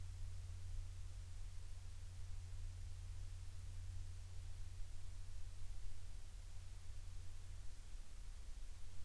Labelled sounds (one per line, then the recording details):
man-made sound
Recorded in the Prudhoe Bay oil fields, Alaska, on 12 August 2019 at 15:10
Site 13